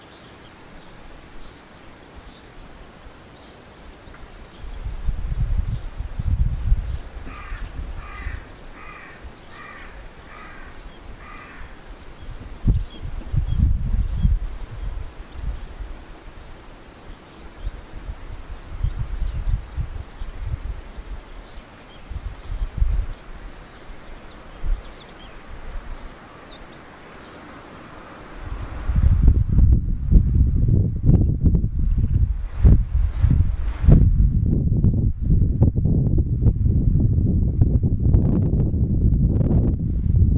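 A bird gives a short run of evenly spaced calls early on over low rumbling, then heavy low wind-like noise covers the last third.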